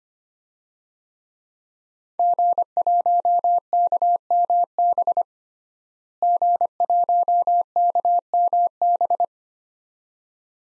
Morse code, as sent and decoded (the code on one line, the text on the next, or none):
--. .---- -.- -- -... / --. .---- -.- -- -...
G1KMB G1KMB